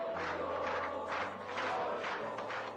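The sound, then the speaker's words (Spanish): A large crowd waving Venezuelan flags around Miraflores Palace in Venezuela at 2:50 a.m. on 14 April 2002 shouts and cheers continuously, a dense roar of many voices with rising bursts of yelling and a steady low hum underneath. “A sus alrededores, el pueblo ondeaba banderas de Venezuela mientras gritaban.”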